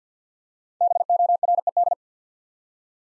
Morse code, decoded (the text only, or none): BORED